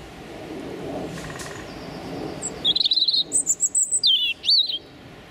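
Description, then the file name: European robin song: after a quiet start with faint sounds, a bright burst of high warbling notes and tinkling trills, rising and falling quickly. Male singing his territorial song. "European Robin Erithacus rubecula male singing his territorial song"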